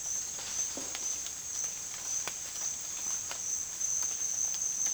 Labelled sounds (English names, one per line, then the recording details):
none
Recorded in dense forest near Puerto Asís, Putumayo, Colombia, on 29 June 2025 at 13:30
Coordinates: 0.466, -76.327
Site GP04